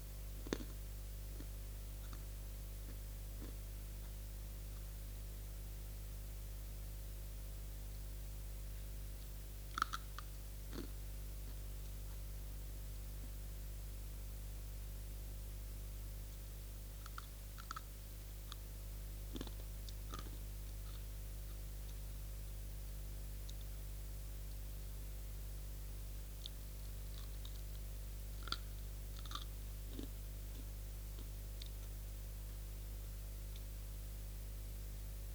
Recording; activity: daily activity, guitar pickup as the sensor; eat